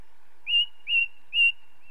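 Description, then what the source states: Ring ouzel song of three loud, ringing piping notes, evenly spaced and slightly slurred, over a quiet background. Song; British Isles.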